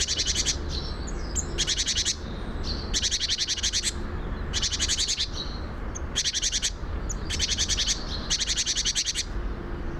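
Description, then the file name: Great tit chattering call: quick dry bursts of rattling notes of varying length, coming in irregular runs over a constant low background hum. "Parus major"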